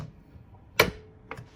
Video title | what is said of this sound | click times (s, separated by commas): HOW TO USE A MITER SAW | locks in at 15 degrees. You hear the clicking noise. | 0.8 s